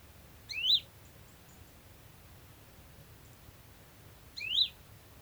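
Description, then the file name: Great tit calls: two short, sharply rising whistled notes about four seconds apart, with quiet background between them. "Parus major"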